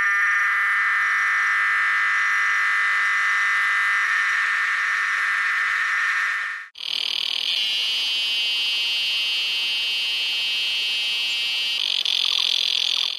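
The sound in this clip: Cicada buzzing, a loud continuous high-pitched drone that cuts out briefly midway and resumes at a higher pitch until the end.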